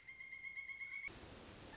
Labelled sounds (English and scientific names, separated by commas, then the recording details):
Pileated Woodpecker (Dryocopus pileatus)
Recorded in Sonoma County, California